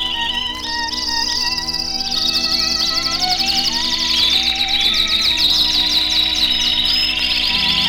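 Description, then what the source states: Domestic canary chorus in dense, fast, high trills running continuously, with sustained instrumental music beneath. A group of old-timer canaries from the master radio canary chorus, perched close together, singing in harmony.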